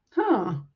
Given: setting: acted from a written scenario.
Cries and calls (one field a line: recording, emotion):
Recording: vocal sound without words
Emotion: interest